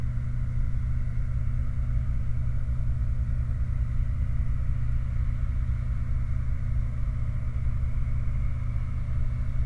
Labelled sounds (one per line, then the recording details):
machinery
flare stack
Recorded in the Prudhoe Bay oil fields, Alaska, on 29 July 2019 at 05:02
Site 29